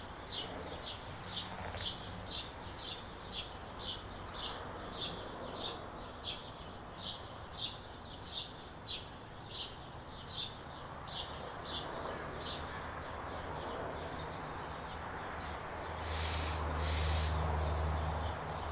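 In a backyard, a bird repeats a bright, short chirp at a steady pace, about one or two per second, for most of the clip. A low, constant rumble sits underneath, and near the end a louder passing noise with a deeper hum swells up.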